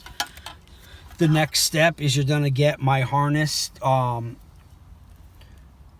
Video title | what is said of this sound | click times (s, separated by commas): 2015- 2022 FORD F150 AND FORD 2017 - 2022 F250 - 450 KICKER KEY 200.4 200 WATT PLUG & PLAY AMP KIT | and pop it out | 0.2 s